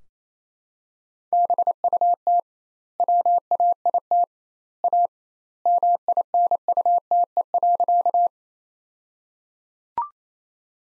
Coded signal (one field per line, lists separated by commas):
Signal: Morse code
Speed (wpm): 28 wpm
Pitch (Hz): 700 Hz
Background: none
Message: BUT WAIT A MINUTE.